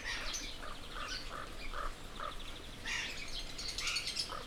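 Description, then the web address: Bird gives a quick series of short chirps, with other birds twittering at a higher pitch in the background. Birds in an aviary at Jászberény Zoo, recorded in 2016. "allathangok jaszberenyizoo 2016 madarak ropde"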